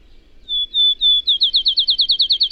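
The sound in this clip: Songbird whistling three drawn-out high notes before launching into a rapid rolling trill of quick slurred notes, cut off while still trilling.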